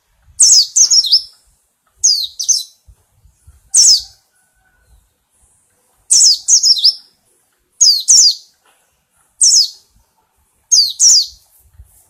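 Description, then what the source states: White-eye calls: loud, sharp, high chirps, singly or in short groups, about every one to two seconds with silence between. Song style described as ngalas ngeroll.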